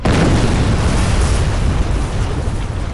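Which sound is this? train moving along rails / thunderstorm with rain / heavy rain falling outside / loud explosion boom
loud explosion boom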